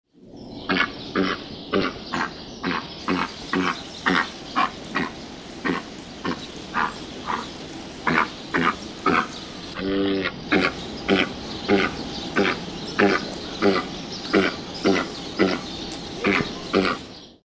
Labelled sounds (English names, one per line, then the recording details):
Great White Pelican
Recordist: Tembrock, Günter
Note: zwei verschiedene Lautformen